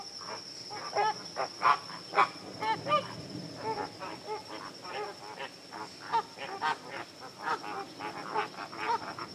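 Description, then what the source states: Flamingos honking in a busy flock, nasal goose-like calls overlapping in quick irregular bursts, over a steady high hiss. Flamingos in a wetland.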